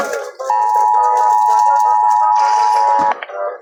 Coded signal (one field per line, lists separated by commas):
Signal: Emergency Alert System (SAME) tones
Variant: 853 and 960 Hz attention tone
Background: music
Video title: Rating EAS Alarms